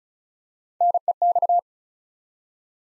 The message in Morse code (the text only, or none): NEX